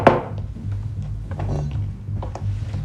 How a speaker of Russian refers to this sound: Чуть позже Пархам в кожаной куртке подходит к двери Милада и стучит.